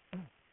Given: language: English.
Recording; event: throat vibration sensor signal played as sound; throat clearing